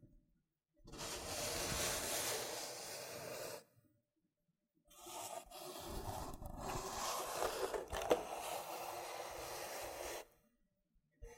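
Loofah scrubbing comes in two long, dense bursts of bright, hissing rubbing, one from about 1 to 3.5 seconds and another from about 5 to 10 seconds. The second stretch is rougher and broken by small gaps, with a sharp pop near 8 seconds. Silence separates and ends the bursts.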